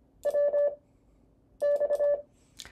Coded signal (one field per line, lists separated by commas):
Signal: Morse code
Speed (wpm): 25 wpm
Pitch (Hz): 580 Hz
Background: none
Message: WX